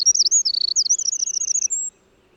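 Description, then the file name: Eurasian wren song: quick, piercing twittering notes and a rolling trill, finishing with a short steady high whistle. "Troglodytes troglodytes"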